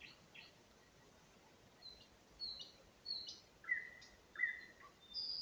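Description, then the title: Nightingale song: faint scattered high whistles, then louder notes toward the end, over steady background hiss. Singing in spring, at a road near Huncha, Vinnytsia Oblast, Ukraine. "Unnamed Road, Гунча, Вінницька область, Україна, 23724-Spring, nightingale singing"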